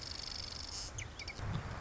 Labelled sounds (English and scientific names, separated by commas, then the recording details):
Marsh Wren (Cistothorus palustris)
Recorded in Sonoma County, California